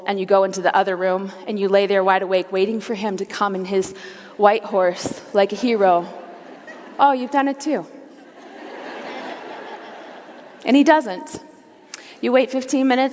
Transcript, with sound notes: You go into the other room, and you lay there wide awake, waiting for him to come on his white horse, like a hero. (laughter) Oh, you’ve done it, too! (laughter) And he doesn’t. You wait fifteen minutes.